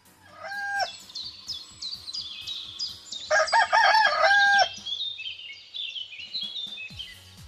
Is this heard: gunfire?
no